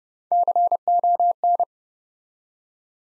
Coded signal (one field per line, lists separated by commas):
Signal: Morse code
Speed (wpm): 30 wpm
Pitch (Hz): 700 Hz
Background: none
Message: CON